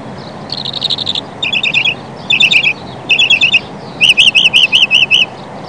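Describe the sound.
Northern mockingbird song: a run of varied high phrases, each a quick burst of notes repeated several times before switching, ending with a series of sharp rising-falling notes.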